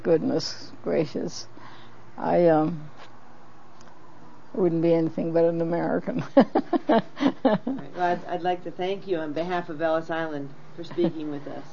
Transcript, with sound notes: Goodness gracious. I um, wouldn't be anything but an American (laughs)
I'd - I'd like to thank you on behalf of Ellis Island for speaking with us.